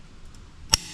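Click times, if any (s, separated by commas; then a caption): 0.7 s. A click-type torque wrench is pulled on the rear axle hub nut of a classic Range Rover, set to 150 foot-pounds. After quiet low rumble, one sharp, loud click sounds at 0.7 s as the wrench reaches its setting, confirming the nut is torqued.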